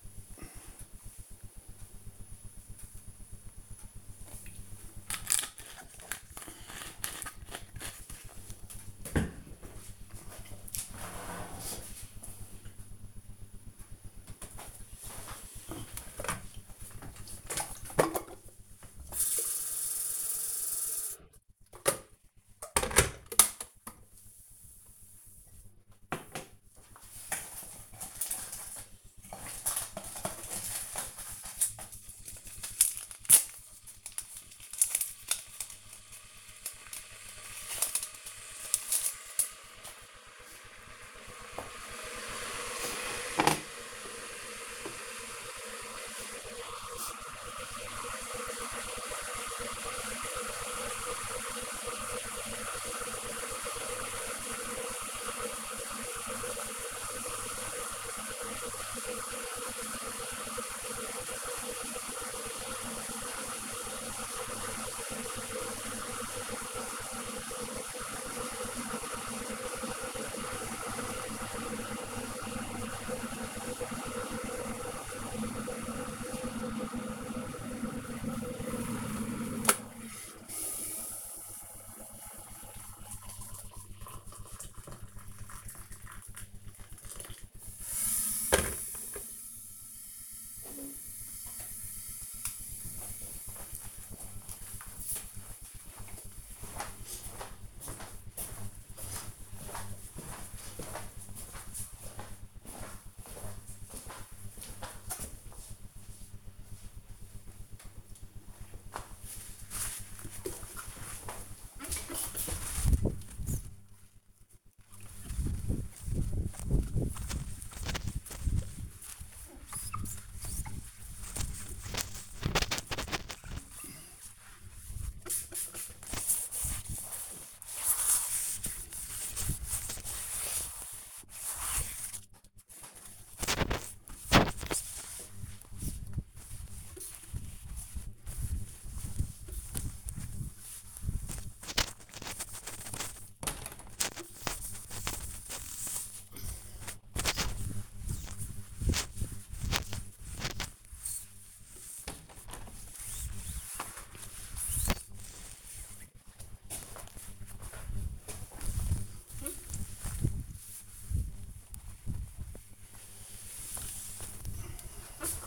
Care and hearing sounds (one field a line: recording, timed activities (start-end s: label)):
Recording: household activities, microphone on the right wrist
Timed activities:
0.00-5.24 s: drinking
14.30-90.82 s: making tea
106.93-165.47 s: window cleaning